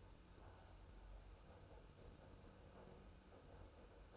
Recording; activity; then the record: daily activity, microphone in the room; make coffee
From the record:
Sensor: 2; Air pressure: 994.8 hPa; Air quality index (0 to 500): 54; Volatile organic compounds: 1 ppm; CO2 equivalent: 880 ppm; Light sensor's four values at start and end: 14/49/19/18 and 14/49/19/18